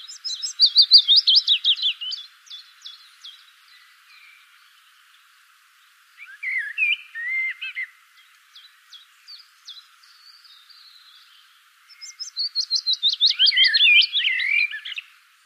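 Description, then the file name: Common blackbird song: three warbled phrases of fluty notes and thin, squeaky twittering, separated by pauses of several seconds; faint soft notes between them. "Turdus merula"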